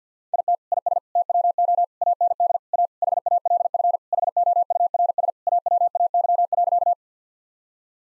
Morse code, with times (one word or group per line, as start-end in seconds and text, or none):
0.3-0.6 IT
0.7-1.0 IS
1.2-1.8 TWO
2.0-2.6 AND
2.7-2.9 A
3.0-4.0 HALF
4.1-5.3 HOURS
5.5-6.9 AWAY.